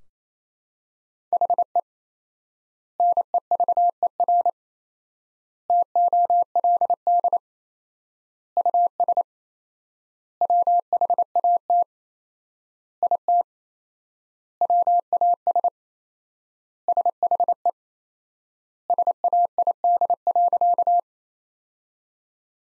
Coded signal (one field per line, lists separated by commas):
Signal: Morse code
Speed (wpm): 27 wpm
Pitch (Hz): 700 Hz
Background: none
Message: HE NEVER TOLD US WHAT IT WAS SHE SAID.